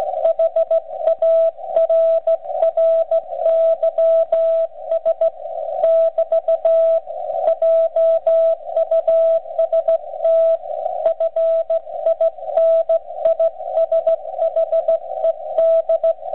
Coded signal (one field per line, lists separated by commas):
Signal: Morse code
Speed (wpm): 15 wpm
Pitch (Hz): 660 Hz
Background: radio noise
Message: HARRYS <BT> JUST FINISHED